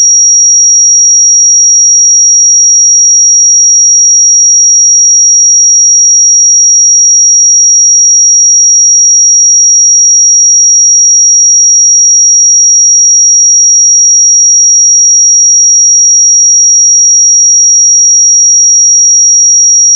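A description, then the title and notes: A pure 5683 Hz sine tone holds perfectly steady at one bright, thin pitch and level for the whole clip, with nothing else audible. 5683 Hz 1 Hz Interval Sine Pure Tone Frequency 441000 Sample Mono.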